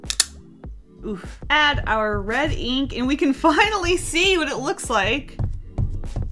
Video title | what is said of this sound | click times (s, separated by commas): WHAT IS PRIXEL - Printmaking With Pixels | okay we've got a very very large triangle let's hear the snap | 0.1 s, 0.2 s